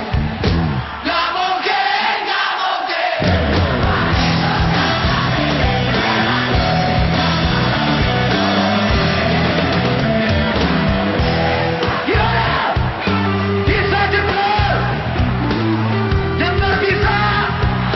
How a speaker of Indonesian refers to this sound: Tapi kalau gua bertanya sesuatu yang kalian pikir enggak mungkin, semua yang ada di gor ini berteriak seperti ini.